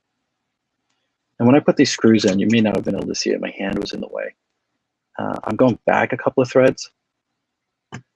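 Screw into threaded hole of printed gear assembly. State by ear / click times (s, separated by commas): seated / 7.9 s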